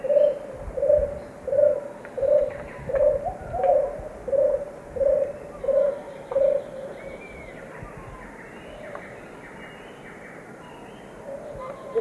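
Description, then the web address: Orange-fronted barbet song: a steady run of ten low, hollow hoots, evenly spaced about 0.7 seconds apart, then quiet, with thin high whistles from other birds. Two birds singing; South American eastern lowlands. "Natures Songs S America Eastern Lowlands. Capito aurovirens, songs 2 birds"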